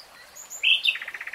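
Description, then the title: Nightingale song: a bright whistled note, then a rapid string of short repeated chirps. Nightingale singing in real time. "[Tiếng chim hót] 3 Hours REALTIME Nightingale Singing"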